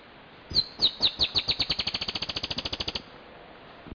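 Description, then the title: Dusky-tailed antbird song: a few high, slurred downward notes that quicken into a fast, even series of short notes. "LuckyPassaro Completos2Sama. Dusky-tailed Antbird (Drymophila malura)"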